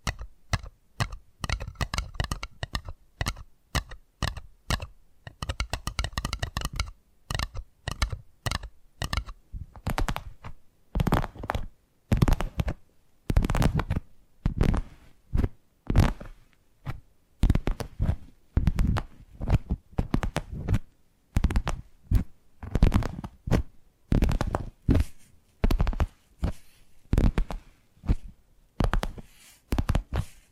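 Addictive tapping triggers: quick, dense taps clatter through the first ten seconds, then settle into slower, regular bursts of sharp knocks with brief pauses.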